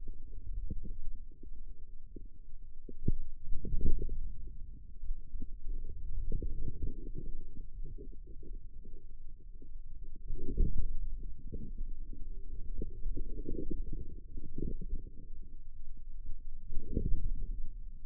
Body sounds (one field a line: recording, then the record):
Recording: forearm muscle sounds (acoustic myography)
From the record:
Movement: outward rotation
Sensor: system 2, bracelet of six BSWA MPA416 microphones around the upper forearm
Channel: 6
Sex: male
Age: 22 years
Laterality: right